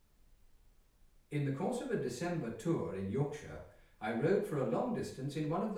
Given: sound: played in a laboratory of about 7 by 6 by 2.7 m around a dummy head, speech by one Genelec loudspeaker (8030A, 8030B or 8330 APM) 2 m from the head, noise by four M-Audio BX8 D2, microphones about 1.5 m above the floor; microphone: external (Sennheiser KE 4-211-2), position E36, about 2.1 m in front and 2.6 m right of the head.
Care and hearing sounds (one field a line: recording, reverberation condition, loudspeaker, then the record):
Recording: male speech in English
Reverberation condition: medium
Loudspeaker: 120 degrees to the left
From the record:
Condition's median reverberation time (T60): about 510 ms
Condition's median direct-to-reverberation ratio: about -0.5 dB